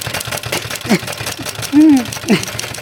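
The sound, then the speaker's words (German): Rapid, steady clacking of a typewriter typing by itself, its broken keyboard restored, typing text directly onto a person's face, runs throughout, broken by a few short voiced yelps, one louder and longer near the end. “Sie hat ihre zerbrochene Tastatur wiederhergestellt und tippt nun selbsttätig ihren neuesten Text direkt auf ihr Gesicht.”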